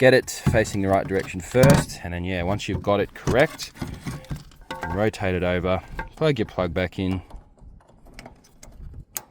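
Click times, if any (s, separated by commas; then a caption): 9.2 s. Someone talks while pushing the fuel pump wiring plug back onto the fuel pump and level sender unit connector of a 2010–2015 Hyundai ix35 (LM model). After a few soft knocks, the plug clicks into place at 9.2 s with a sharp, audible click, and it is seated.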